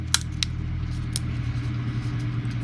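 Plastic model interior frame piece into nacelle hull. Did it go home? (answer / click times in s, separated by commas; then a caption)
no / none. A plastic interior frame/backing piece for the damaged nacelle of a Star Trek II USS Reliant scale model kit is handled and pressed toward its place in the nacelle hull. Two sharp plastic ticks land at 0.1 s and 0.4 s, with a fainter one near 1.2 s, over a steady low hum. Nothing has seated or clicked into place yet.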